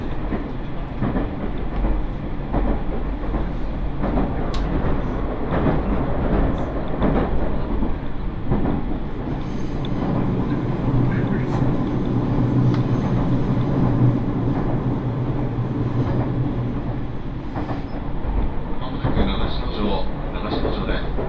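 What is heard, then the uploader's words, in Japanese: A train rides the Iida Line, with a steady low rumble and rattling wheels throughout, a brief louder hum midway, and faint voices. 耳で楽しむ鉄道旅 飯田線 三河槇原→新城。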